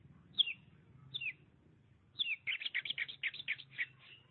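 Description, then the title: Oriental magpie-robin song: a few falling whistles, then a rapid, rhythmic series of scratchy high notes; faint low hum beneath. "Suara Kicauan Burung Kacer Durasi Panjang"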